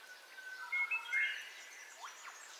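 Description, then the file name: Birds calling at dawn, a few clear high whistled notes and a brief warbling burst, then soft chirps over quiet background noise. Dawn ambience of birdcalls, recorded in stereo. "AMBIENCE DAWN BIRDCALLS 04 STEREO"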